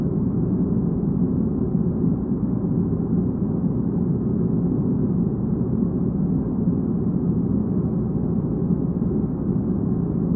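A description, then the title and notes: An air conditioner runs with a steady, unbroken whoosh and low rumble, holding the same level for the whole stretch. The sound is dull and muffled, with nothing bright above it, and no other sounds or changes break in. 2 hours of air conditioner white noise.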